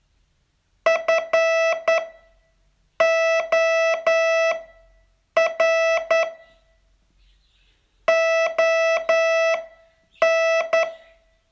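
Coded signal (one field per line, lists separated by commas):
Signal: Morse code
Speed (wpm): 10 wpm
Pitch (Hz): 660 Hz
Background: none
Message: FOR ON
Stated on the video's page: Morse training test, day 39 of a 42-day course.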